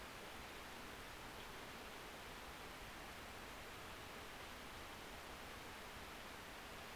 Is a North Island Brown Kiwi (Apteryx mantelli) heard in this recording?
no